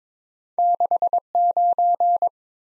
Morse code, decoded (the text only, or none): 69